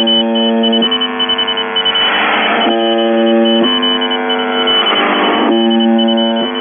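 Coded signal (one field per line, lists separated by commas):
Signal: channel marker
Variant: UVB-76 (The Buzzer)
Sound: repeated harsh low buzzes about a second long, with hissy noise between some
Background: radio static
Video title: The Buzzer/UVB-76(4625Khz) September 3, 2021 Voice messages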